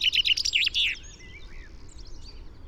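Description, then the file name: Common chaffinch song fragment: a loud, quick descending run of notes lasting about a second, then quiet bird calls. "Fringilla coelebs"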